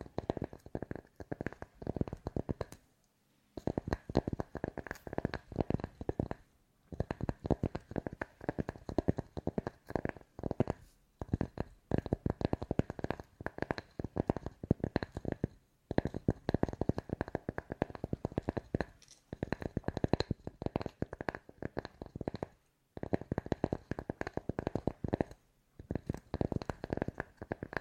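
ASMR tapping in fast, dense bursts of sharp clicks that run for a few seconds at a time, each burst ending in a brief silence. Pauses fall near 3, 7, 11, 16, 19, 23 and 25 seconds, and the taps carry a dull low thump beneath their crisp edges.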